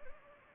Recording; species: mosquito wingbeat signal from an infrared sensor; Anopheles gambiae